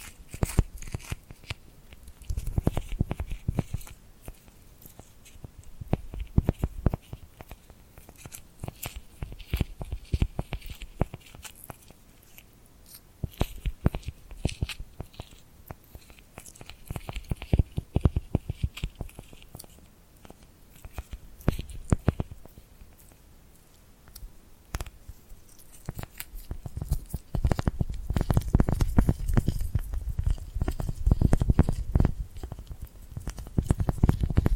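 Tingly glued hand sounds: sticky, crackling peels and taps as hands press together and pull apart. The textures come in dense irregular bursts with brief pauses, and heavier low rubbing thumps swell around the middle and again near the end.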